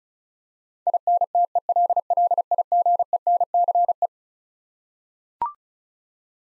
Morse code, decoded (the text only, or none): INTELLIGENCE